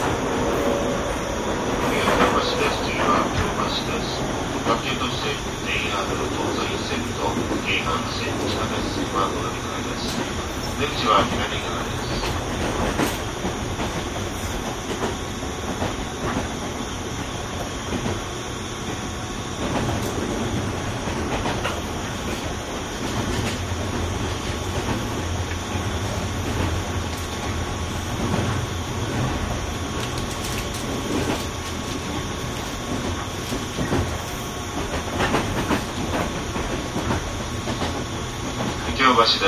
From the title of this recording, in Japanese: JR201系 桃谷〜桃谷